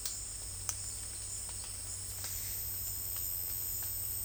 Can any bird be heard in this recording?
no